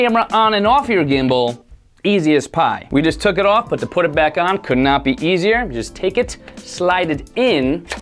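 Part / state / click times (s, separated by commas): camera quick-release plate into gimbal mounting clamp / not seated / none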